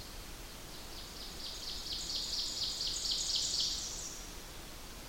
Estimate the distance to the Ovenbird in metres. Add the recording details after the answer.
about 40 m. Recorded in boreal forest in Alberta, Canada, on 21 June 2016 at 05:42. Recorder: SongMeter 3, array SBT-6-81. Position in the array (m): 13 m, 88 m. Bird 24